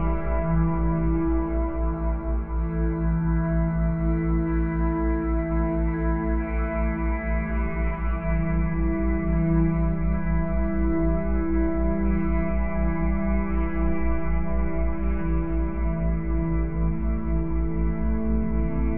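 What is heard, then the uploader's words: Binaural beats: a steady, unchanging drone of layered pure tones, strongest in the low and middle range with nothing above the upper mids. A slow, regular pulsing throb runs evenly through the whole stretch, with no other sounds around it. Caffeine Beta Brainwaves - BINAURAL BEATS.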